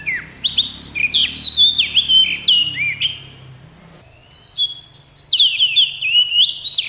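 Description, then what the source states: Oriental magpie-robin song: bright whistled phrases with sharp upslurs and chattery notes, a brief pause midway, then more rapid varied whistles; low hum underneath in the first half. Rolling (ngerol) song from a masteran (tutoring) recording.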